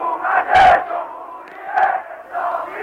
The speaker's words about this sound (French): Le leader spirituel de notre révolution, c'est Khomeini, voilà ce que criait la majorité de la foule ce matin.